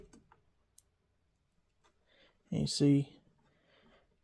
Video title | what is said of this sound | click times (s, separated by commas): You Can't Beat These Recessed LED Lights By Rollin Light! [30% Off, Limited Time] | shove it in there and it'll lock into place | 0.8 s